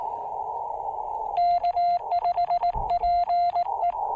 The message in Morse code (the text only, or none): K5PE